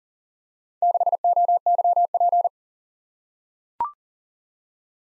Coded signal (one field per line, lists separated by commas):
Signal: Morse code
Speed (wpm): 41 wpm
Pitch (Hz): 700 Hz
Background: none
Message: 6OYP